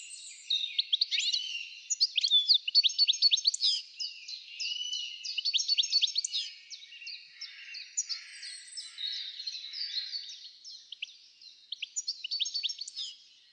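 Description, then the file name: European goldfinch chattering steadily, rapid high tinkling notes and buzzy twitters packed closely, fading slightly then resuming near the end. "Carduelis carduelis"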